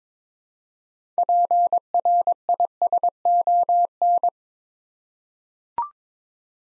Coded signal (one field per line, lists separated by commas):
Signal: Morse code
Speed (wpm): 22 wpm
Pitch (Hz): 700 Hz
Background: none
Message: PRISON